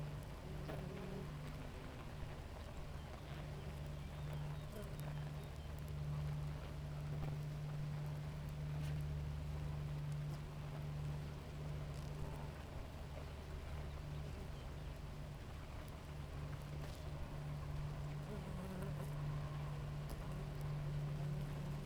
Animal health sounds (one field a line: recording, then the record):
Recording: honeybee colony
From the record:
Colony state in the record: active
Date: 28 July 2017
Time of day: 6:38